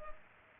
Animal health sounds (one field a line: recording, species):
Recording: mosquito wingbeat signal from an infrared sensor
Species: Culex pipiens